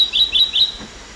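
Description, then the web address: Olivaceous Greenlet song: four short high whistled notes in quick succession, then quiet. Recorded in Ecuador. "Natures Songs S America Birds of Ecuador Olivaceous Greenlet"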